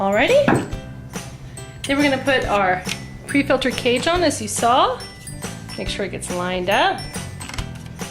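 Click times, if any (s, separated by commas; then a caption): none. Someone talks over background music while lining up the plastic pre-filter cage on an Alpine Cyclone PAL pond pump and starting to turn it into place, with a few short handling knocks near the end. Nothing has seated or clicked yet.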